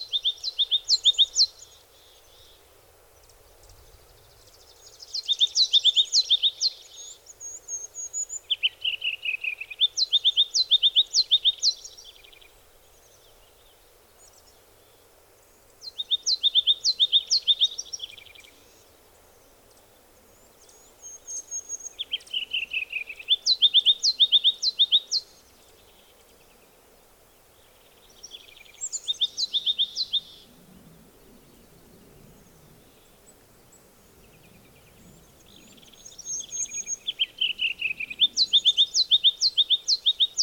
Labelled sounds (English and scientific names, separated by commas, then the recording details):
Ruby-crowned Kinglet (Corthylio calendula) song
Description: Ruby-crowned Kinglet song recorded on the Cow Creek Trail in Rocky Mountain National Park
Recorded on 22 June 2015